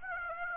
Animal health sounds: mosquito wingbeat signal from an infrared sensor; Aedes aegypti

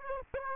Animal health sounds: mosquito wingbeat signal from an infrared sensor; Aedes aegypti

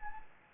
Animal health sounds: mosquito wingbeat signal from an infrared sensor; Anopheles gambiae

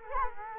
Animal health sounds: mosquito wingbeat signal from an infrared sensor; Culex quinquefasciatus

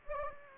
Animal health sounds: mosquito wingbeat signal from an infrared sensor; Anopheles gambiae

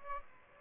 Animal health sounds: mosquito wingbeat signal from an infrared sensor; Aedes albopictus

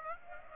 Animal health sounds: mosquito wingbeat signal from an infrared sensor; Aedes aegypti

